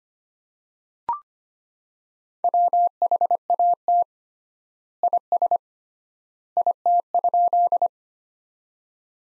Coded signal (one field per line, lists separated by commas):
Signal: Morse code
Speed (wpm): 25 wpm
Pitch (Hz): 700 Hz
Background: none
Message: WHAT IS IT?